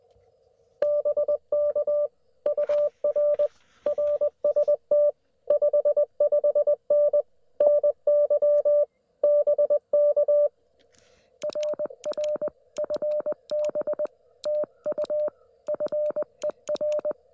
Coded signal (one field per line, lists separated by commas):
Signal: Morse code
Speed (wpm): 20 wpm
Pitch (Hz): 590 Hz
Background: none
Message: BK UR RST 55N NY BK RR FB TU FER